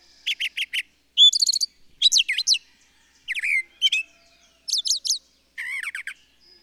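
Bird song of clipped chirps in groups of three or four, mixed with buzzy trills and looping whistles, each phrase different.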